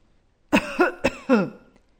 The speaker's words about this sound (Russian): Сначала она услышала старческий кашель.